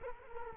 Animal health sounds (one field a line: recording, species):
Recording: mosquito wingbeat signal from an infrared sensor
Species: Culex quinquefasciatus